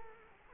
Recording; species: mosquito wingbeat signal from an infrared sensor; Culex quinquefasciatus